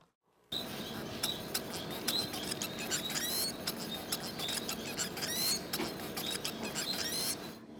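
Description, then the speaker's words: White-rumped munia song: thin, high sweeping notes and short chips in repeated sequences over a steady hiss, sustained for several seconds. Wild white-rumped munia, the wild ancestor of the Bengalese finch; song looks complicated but is repetition of the same sequences. "Now, let's hear the white-rumped munia song."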